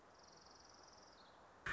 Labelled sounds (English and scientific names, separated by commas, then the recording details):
Orange-crowned Warbler (Leiothlypis celata)
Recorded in Sonoma County, California